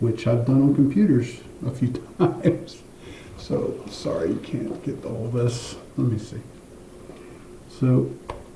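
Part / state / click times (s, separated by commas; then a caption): wire connector onto pin header in cassette deck / not seated / none. A wire connector is being handled onto its pin header while reinstalling parts in a Sharp RT-1165 cassette deck, with care not to force it and bend the pins. Someone talks throughout over quiet background noise, and there is no sharp transient. The connector has not seated or clicked yet.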